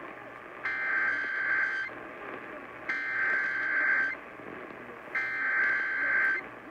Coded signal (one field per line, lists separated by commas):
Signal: Emergency Alert System (SAME) tones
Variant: header bursts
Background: speech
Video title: (EAS #462 - #475) NORTH CENTRAL TEXAS CHOAS - EAS Alerts from 4/4/22 - 4/5/22